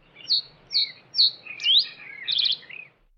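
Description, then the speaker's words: Common Reed Bunting song: three short high chirps at even spacing, then a sweeping note and a quick trill ending in a lower note. Song played as an example of a subtle sense of rhythm in birdsong. "Si l'on prend quelques-uns des exemples qu'il cite, on peut apprécier le subtil sens du rythme du bruant des roseaux."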